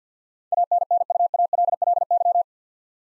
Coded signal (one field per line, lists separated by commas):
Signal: Morse code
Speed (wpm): 50 wpm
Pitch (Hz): 700 Hz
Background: none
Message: ANNUALLY